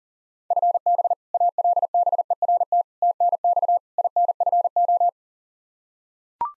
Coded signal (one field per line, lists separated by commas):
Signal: Morse code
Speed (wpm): 38 wpm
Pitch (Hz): 700 Hz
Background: none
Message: FB ALBERT TNX INFO